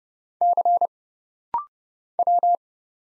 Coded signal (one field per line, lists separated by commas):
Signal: Morse code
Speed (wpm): 31 wpm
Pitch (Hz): 700 Hz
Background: none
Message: C W